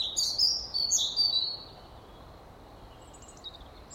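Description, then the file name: European robin: high, thin warbling phrase of sliding whistles in the first second and a half, followed by quiet hiss and a faint note. "Erithacus rubecula"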